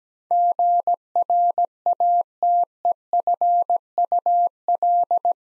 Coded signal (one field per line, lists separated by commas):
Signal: Morse code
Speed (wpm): 17 wpm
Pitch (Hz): 700 Hz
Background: none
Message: GRATEFUL